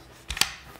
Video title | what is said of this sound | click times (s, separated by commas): GForce Arms - GF1 Semi-Automatic Shotgun Firearm Teardown | Slide it in until it clicks, and | 0.4 s